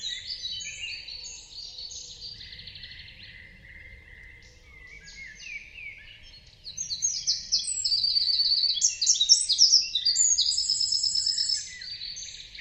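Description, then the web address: A bird chorus of soft high twitters for about six seconds, then a loud burst of overlapping chirps and quick trills that drops off near the end. "Deverinetal 2025. Bird Only"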